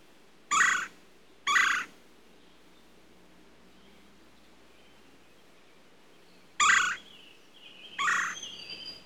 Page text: Red Bellied Woodpecker Calls. Quick Sounds